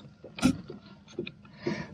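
An airplane propeller's hub is lined up with the cross pin on a trolling motor shaft and pushed on. After a broad scrape-like burst near 0.4 s and some softer knocks, a sharp hit sounds at 1.3 s. The pin locks into the hub slot and the propeller is seated.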